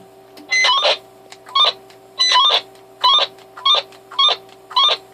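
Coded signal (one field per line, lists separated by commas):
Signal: roger beep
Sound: seven quick multi-tone chirping beeps, each wrapped in a short burst of hiss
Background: radio static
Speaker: it has that which is kind of a nice fast burst which I like that's one thing I can't stand is there's really slow long Roger beats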